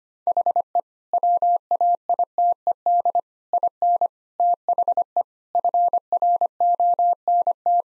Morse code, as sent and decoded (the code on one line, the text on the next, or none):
.... . / .-- .- .. - . -.. / .. -. / - .... . / ..-. .-. --- -. -
HE WAITED IN THE FRONT